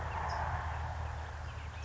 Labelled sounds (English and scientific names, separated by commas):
California Towhee (Melozone crissalis)